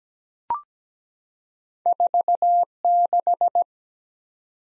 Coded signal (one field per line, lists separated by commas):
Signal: Morse code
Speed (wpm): 17 wpm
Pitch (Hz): 700 Hz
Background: none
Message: 46